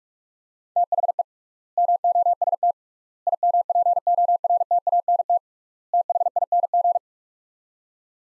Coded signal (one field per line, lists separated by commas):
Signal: Morse code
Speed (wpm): 45 wpm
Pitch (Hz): 700 Hz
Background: none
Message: THE MOST IMPORTANT THING